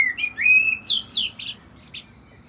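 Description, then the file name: Common blackbird song: a rising run of clear whistled notes that climb in pitch, followed by short, very high squeaky flourishes. "Turdus merula"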